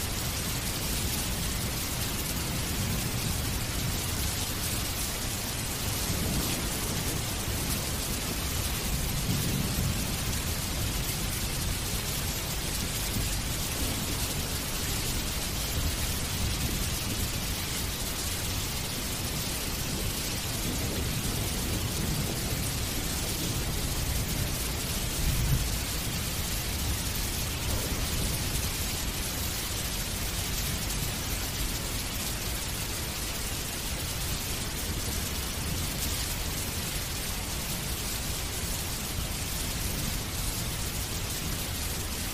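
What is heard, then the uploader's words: Steady, dense rain hisses evenly for the whole stretch, a soft low rumble underneath and no distinct drops or breaks standing out. The gentle rhythm of raindrops.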